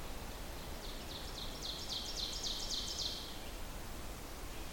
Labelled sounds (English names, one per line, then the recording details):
Ovenbird song
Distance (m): 70 m
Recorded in boreal forest in Alberta, Canada, on 14 June 2016 at 08:21
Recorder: SongMeter 3, array SBT-3-33
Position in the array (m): 109 m, 144 m
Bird 21